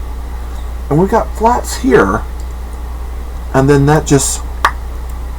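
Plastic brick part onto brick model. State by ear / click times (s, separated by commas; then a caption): seated / 4.6 s. Someone talks while a plastic brick part is fitted between flat pieces on a brick model. A sharp click sounds at 4.7 seconds as the part seats firmly in place and does not move.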